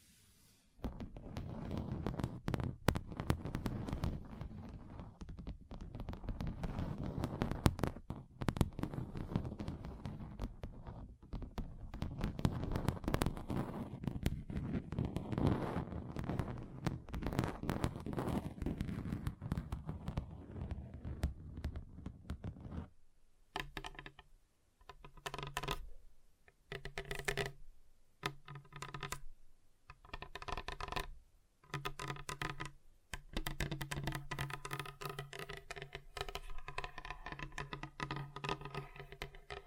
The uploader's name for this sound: Table Tapping Different Surfaces